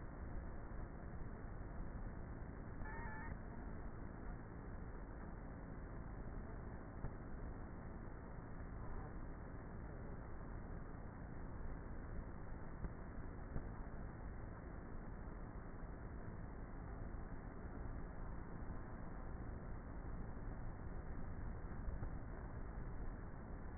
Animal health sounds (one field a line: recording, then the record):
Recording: honeybee colony, microphone inside the hive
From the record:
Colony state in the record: queenless with a low population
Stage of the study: before two queens were removed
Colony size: about 30,000 bees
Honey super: no